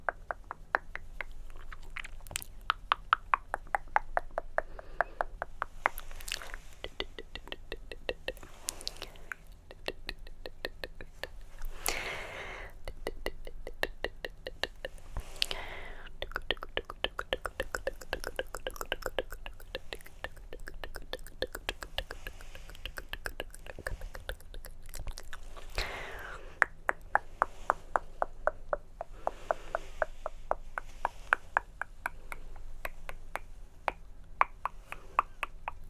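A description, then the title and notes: Tongue clicking, a dense run of sharp, wet clicks that comes in quick bursts and rolls with brief gaps throughout. A few louder pops stand out. A low, steady hum sits underneath. ASMR Tongue Clicking & Personal Attention.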